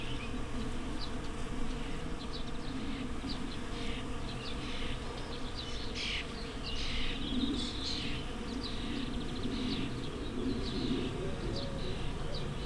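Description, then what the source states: Bees humming in an unbroken low buzz, with bird chatter and chirping throughout. Bees in a flowering rapeseed field, Słoneczna 9, Siemianowice Śląskie, Poland, Saturday 18 May 2019; starlings in background; Zoom H5 with Audio-Technica BP4025.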